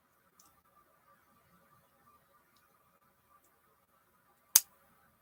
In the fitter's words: there it went you hear that click